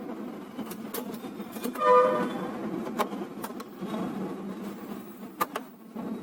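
The laser/scanner unit of an HP LaserJet 1020 printer is pressed into its mount in the printer frame, with low background rumble, a brief tonal hum near 2 s and several short ticks. A sharp click at 3.0 s marks the unit seating, showing it is fitted properly before it is screwed down with four screws.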